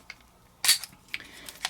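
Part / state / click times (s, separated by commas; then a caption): pistol into holster retention / seated / 1.6 s. An unloaded Springfield Hellcat pistol with an extended magazine is pushed into a molded holster held by a velcro section inside a 945 Industries nylon concealed carry modular bag. Light taps and a brief scraping rustle around 0.6–0.8 seconds lead to a sharp click at 1.7 seconds as the pistol seats with retention.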